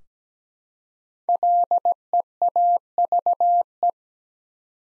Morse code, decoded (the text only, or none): LEAVE